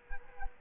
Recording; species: mosquito wingbeat signal from an infrared sensor; Culex quinquefasciatus